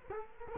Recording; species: mosquito wingbeat signal from an infrared sensor; Culex quinquefasciatus